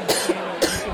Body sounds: coughing mixed with background sound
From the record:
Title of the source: 55 gaggy wet cough

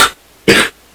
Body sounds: coughing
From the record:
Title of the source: 64 coughing, allergies, singing lungs

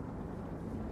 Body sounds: background sound without coughing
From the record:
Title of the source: Train Ride Ambience ambient white noise for sleeping, focus, studying, reading

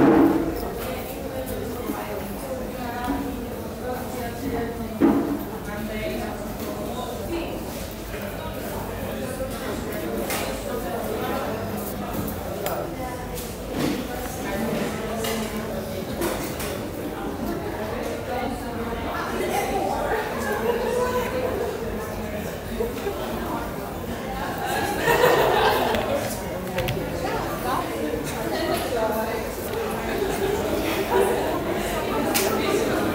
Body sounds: background sound without coughing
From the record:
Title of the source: 40 min - Ambience sounds UNIVERSITY lunchroom chatting

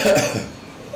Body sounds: coughing mixed with background sound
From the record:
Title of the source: Spring Cold Coughing 3

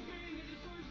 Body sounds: background sound without coughing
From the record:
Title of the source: BackgroundMusic

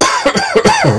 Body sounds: coughing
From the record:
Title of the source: Dry Coughing Fit in the Afternoon.

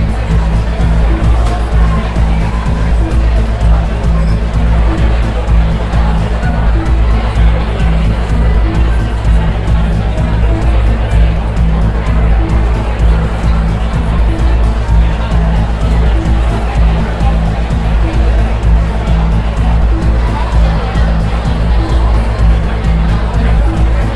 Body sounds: background sound without coughing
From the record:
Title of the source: Party Noise 1 Hour Party Ambience

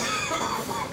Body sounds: coughing mixed with background sound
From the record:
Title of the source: Spring Cold Coughing 2

